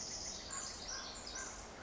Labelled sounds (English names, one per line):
Pacific Wren